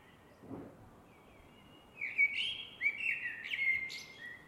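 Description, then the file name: Eurasian blackbird song: a quiet pause, then a fluty warbled phrase from about two seconds, ending in thin, high squeaky twitters over a soft background hiss. "MERLES"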